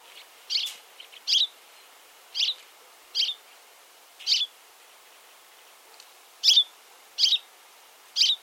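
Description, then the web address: Finch giving bright, high chirps roughly a second apart, with a longer pause midway. "linling finch call"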